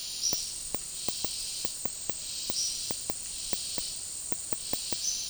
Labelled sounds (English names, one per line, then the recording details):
none
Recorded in dense forest near Puerto Asís, Putumayo, Colombia, on 19 February 2024 at 16:00
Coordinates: 0.503, -76.322
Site G6418